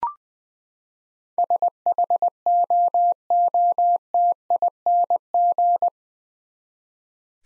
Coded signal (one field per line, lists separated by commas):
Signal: Morse code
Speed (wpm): 20 wpm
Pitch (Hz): 700 Hz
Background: none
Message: SHOOTING